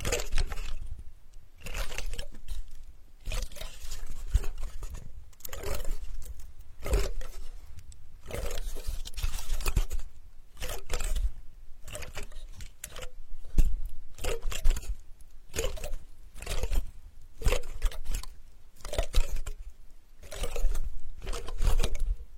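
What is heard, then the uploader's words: Dry tapping and scraping on sandalwood in quick uneven bursts packed with crisp crunchy clicks. Short pauses break up the bursts every second or two through the whole clip, with a low thumping underneath. Healing sandalwood tapping experience SPA.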